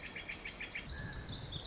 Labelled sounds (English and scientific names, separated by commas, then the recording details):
Pacific Wren (Troglodytes pacificus)
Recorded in Sonoma County, California